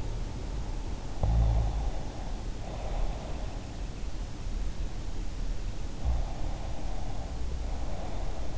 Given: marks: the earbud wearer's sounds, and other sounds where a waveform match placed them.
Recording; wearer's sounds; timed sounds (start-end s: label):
sounds in sleep by an in-ear microphone; snoring breath, breath
0.99-3.40 s: snoring breath
6.04-8.58 s: breath